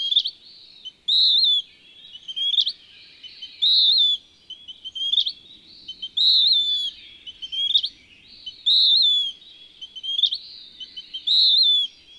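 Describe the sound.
Bird singing high, slurred whistled phrases, each followed by quick rising chirps, repeated at a steady pace about every two and a half seconds, with quiet background hiss.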